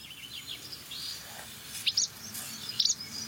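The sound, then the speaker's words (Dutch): A barn swallow calls in short, high chirps and twitters, with a couple of louder sharp notes standing out over a soft background hiss; no one speaks. “Boerenzwaluw weer.”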